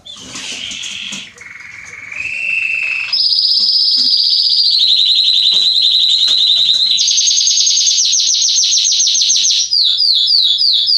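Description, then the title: Belgian canary song building from soft lower warbles into loud sustained trills changing pitch in steps, ending with quick downslurred notes. Male singing a lot, used to warm up and train young canaries. "Canary Training Esquente Seu Filhote E Canario Belga Macho Cantando Muito CANTO DO CANRIO"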